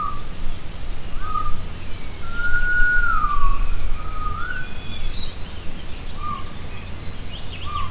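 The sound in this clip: Gibbon calls: clear whistled hoots, with one longer sliding note in the middle, over a steady low rumble.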